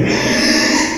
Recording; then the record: squeal of a Yucatan mini pig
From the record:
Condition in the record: before surgery on the right vocal fold (resection and tissue-engineered implant); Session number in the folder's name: 2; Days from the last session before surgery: 0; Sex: male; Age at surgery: 12 weeks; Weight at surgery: 13 kg